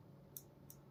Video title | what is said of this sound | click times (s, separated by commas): 🫂TRUEVIEW 4G WIRELESS ROUTER UNBOXING - SPEED TEST - TECH SIRPI | டிக்குன்னு sound வரும். Sound வந்த பிறகு lock ஆகிடும். | 0.4 s